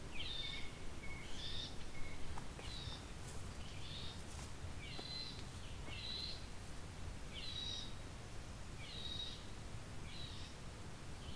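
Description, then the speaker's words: Red-eyed Vireo calls: 'yee' notes repeated many times against low rumbling noise. Several red-eyed vireos giving a 'yee' call in thick cover; possibly a young bird, more likely an adult's predator alarm near its nest against a jay, grackle, crow or squirrel. "Got some red-eyed vireos vocalizing. Kind of yee call."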